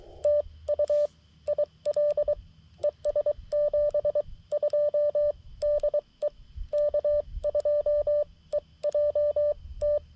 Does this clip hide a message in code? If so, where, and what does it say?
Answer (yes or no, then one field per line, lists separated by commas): yes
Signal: Morse code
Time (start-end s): 0.2-10.0 s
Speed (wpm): 22 wpm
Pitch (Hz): 590 Hz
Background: radio noise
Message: TU IL ES 72 DE K2EJT